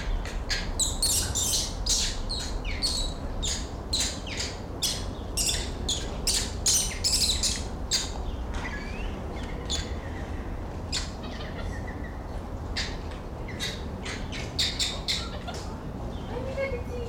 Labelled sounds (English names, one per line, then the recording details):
Barbary Macaque
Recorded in captivity
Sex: group
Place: Tiergarten Schönbrunn, AT
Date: 1990-09-02 17:40
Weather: bedeckt, 17°C
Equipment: Marantz CP 430, Sennheiser ME 80, Kopie Uher Variocord
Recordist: Tembrock, Günter